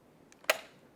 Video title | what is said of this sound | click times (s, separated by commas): (3회-1 유모차카시트주제) 미즈톡톡 산모교실 | 소리가 들리죠 이렇게 해서 접습니다 | 0.5 s